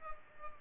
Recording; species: mosquito wingbeat signal from an infrared sensor; Culex pipiens